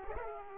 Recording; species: mosquito wingbeat signal from an infrared sensor; Aedes aegypti